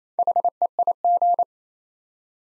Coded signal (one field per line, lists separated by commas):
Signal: Morse code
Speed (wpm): 27 wpm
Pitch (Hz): 700 Hz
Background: none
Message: HEIG